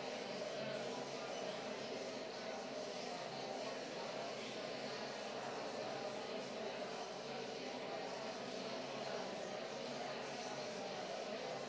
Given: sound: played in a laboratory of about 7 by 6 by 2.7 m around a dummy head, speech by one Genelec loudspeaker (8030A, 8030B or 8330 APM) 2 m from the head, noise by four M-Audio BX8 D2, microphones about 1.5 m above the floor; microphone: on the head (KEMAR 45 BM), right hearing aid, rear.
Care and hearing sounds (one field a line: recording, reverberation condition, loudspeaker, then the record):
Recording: babble noise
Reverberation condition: high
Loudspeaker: four, about 170 cm from the corners of the room and facing them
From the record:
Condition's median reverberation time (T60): about 1300 ms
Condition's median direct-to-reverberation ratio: about -4.0 dB